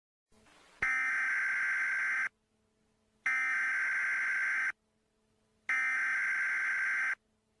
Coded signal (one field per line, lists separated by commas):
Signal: Emergency Alert System (SAME) tones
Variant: header bursts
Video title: Test of EAS in 2026 [Mock]